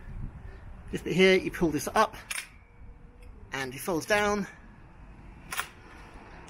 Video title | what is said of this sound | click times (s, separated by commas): iScoot Pro v2 Scooter - 1 Year Review | actually locks in place as | 5.5 s, 5.6 s